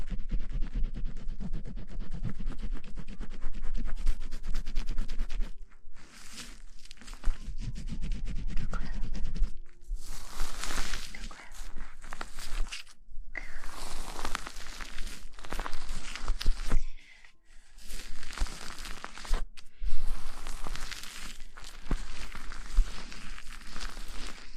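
Hair being washed with shampoo, with quick fingers scratching the scalp. Dense, bright wet scrubbing comes in bursts, broken by brief pauses near 6, 10 and 17 seconds, over a steady low hum in the background.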